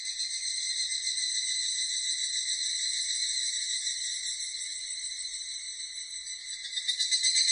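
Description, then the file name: Evening cicada producing a continuous high buzzing trill with soft rhythmic pulsing, dipping slightly in volume before swelling again at the close. Recorded 16 July 1997. "970716 higurasi"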